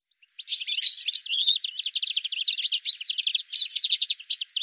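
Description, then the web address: Bird chirps, a dense run of rapid high twittering notes tumbling together without pause for several seconds. "cianscape birddata"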